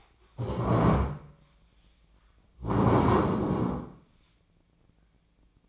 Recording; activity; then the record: daily activity, microphone in the room; stand up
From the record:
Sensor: 1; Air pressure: 1012.3 hPa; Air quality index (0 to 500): 172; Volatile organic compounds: 3 ppm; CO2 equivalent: 1410 ppm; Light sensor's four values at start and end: 41/113/46/56 and 41/111/45/55